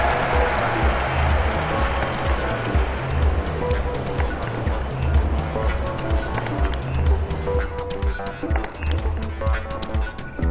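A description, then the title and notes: Crowd sounds at the US Open tennis tournament in New York: a steady, dense murmur of many voices over a low, rumbling hum. Short sharp knocks and clicks pop up every second or so across all eleven seconds, with the general din easing slightly near the end. This is my annual exploration of sounds from the US Open Tennis tournament, held in New York at the end of each Summer. Spectral gate, delay, and reverb from Logic Pro were used to process some of the sounds, and synth ambience was created within Alchemy.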